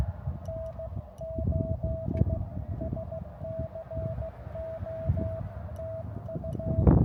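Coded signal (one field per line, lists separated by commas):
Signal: Morse code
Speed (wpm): 15 wpm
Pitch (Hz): 660 Hz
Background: none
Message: N8SCO TU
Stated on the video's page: Morse during a park activation near Big Bear, California.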